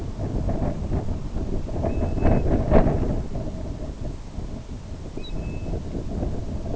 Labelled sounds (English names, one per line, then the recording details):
Grey Plover
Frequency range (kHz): Grey Plover 1.2-5.6 kHz
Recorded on Arctic tundra, site IGLO-B, on 27 June 2018
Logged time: 03:59